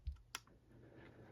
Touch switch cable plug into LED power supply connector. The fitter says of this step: And we're going to come into this first plug here. And we're going to plug it in here until it clicks